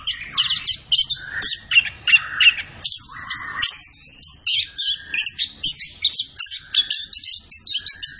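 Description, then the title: Orange-headed thrush song of dense, high chirping phrases and quick whistles, repeated in rapid bursts with hardly any gaps. Kept songbird singing gacor (in full, vigorous song), used as masteran to train other birds in Indonesian songbird keeping (kicau mania). "Anis Kembang Gacor. Kicau Mania Masteran Anis Kembang"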